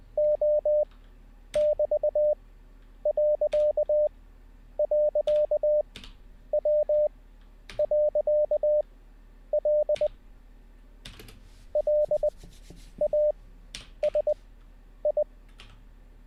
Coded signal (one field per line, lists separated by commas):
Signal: Morse code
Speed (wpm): 20 wpm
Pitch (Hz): 600 Hz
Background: none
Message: O<BT>..W.L LASI